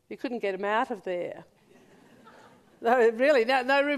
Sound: laughter